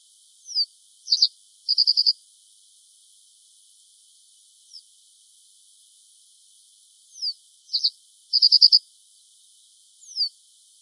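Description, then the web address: Bunting calls in loose bursts: thin downslurred seeps, doubled chips and rapid trains of several ticking notes, separated by pauses of a few seconds, otherwise quiet. "bunting bird call"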